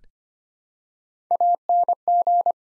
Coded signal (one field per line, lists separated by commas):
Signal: Morse code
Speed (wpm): 25 wpm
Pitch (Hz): 700 Hz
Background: none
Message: ANG